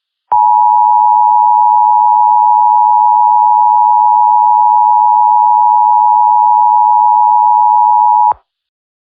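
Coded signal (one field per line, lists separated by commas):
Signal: Emergency Alert System (SAME) tones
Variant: 853 and 960 Hz attention tone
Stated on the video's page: Fictional tornado EAS scenario.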